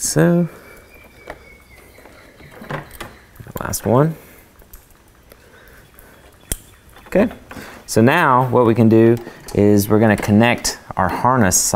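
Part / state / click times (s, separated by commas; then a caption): LED light connector into harness connector / seated / 6.5 s. Someone talks while pushing the last grille light's plastic IP68 waterproof LED connector into its harness connector during a 2021–2022 Bronco Raptor grille kit installation. A sharp, strong click at 6.5 s shows the connector is seated, and then the talking continues.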